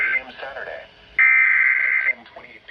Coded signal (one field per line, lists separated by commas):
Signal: Emergency Alert System (SAME) tones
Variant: header bursts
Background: speech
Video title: EAS #1129 & #1130 Flash Flood Warnings